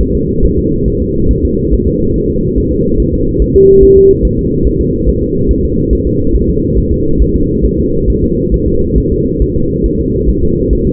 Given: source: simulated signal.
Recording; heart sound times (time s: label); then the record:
fetal heart sounds
0.01 s: S1
0.15 s: S2
0.45 s: S1
0.59 s: S2
0.88 s: S1
1.02 s: S2
1.31 s: S1
1.45 s: S2
1.73 s: S1
1.88 s: S2
2.16 s: S1
2.30 s: S2
2.58 s: S1
2.72 s: S2
3.00 s: S1
3.14 s: S2
3.42 s: S1
3.56 s: S2
3.83 s: S1
3.97 s: S2
4.25 s: S1
4.39 s: S2
4.67 s: S1
4.81 s: S2
5.09 s: S1
5.23 s: S2
5.51 s: S1
5.65 s: S2
5.93 s: S1
6.07 s: S2
6.35 s: S1
6.49 s: S2
6.78 s: S1
6.92 s: S2
7.22 s: S1
7.36 s: S2
7.65 s: S1
7.79 s: S2
8.10 s: S1
8.24 s: S2
8.54 s: S1
8.68 s: S2
8.98 s: S1
9.12 s: S2
9.42 s: S1
9.56 s: S2
9.86 s: S1
10.00 s: S2
10.30 s: S1
10.44 s: S2
10.73 s: S1
10.87 s: S2
From the record:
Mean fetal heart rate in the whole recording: 140 bpm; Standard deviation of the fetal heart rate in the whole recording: 2 bpm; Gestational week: 34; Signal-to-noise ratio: -15.3 dB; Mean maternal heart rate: 72 bpm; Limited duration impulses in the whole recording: present